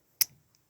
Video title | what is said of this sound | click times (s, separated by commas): (VERY DETAILED) How To Solve The Level 5 Cast Dial!!!!! | you're in the right orientation you'll hear the click you hear that | 0.2 s